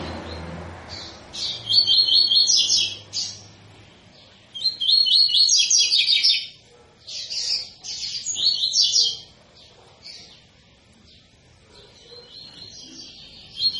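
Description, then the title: Double-collared seedeater song in repeated rapid trilled bursts, each about one to two seconds, separated by short pauses, with a faint low hum early on. Tui-tui fibra song style, used as a tutor song for teaching young birds. "COLEIRO TUI TUI FIBRA CANTO PROFESSOR"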